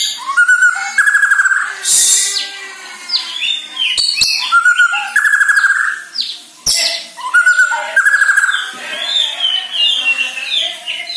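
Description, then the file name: White-rumped shama song full of loud whistled phrases, quick trills and rising and falling notes, delivered almost without break. Borneo; lure song used to get birds to sing actively. "Sara Pancingan Murai Batu Borneo Agar Gacor Dor"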